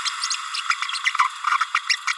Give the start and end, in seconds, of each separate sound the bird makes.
0.04-0.10, 0.21-0.27, 0.69-0.75, 1.04-1.11, 1.89-1.97, 2.07-2.13